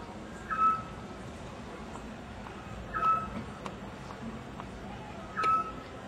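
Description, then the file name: Eurasian scops owl giving short, pure whistled notes, three in all, each repeated about every two and a half seconds over a steady low background hiss. Recorded on Katarina Island, Croatia, in 2014. "Zwergohreule Kroatien Katarineninsel 2014"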